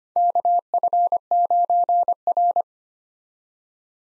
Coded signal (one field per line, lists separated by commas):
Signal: Morse code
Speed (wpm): 25 wpm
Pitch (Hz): 700 Hz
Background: none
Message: KF9R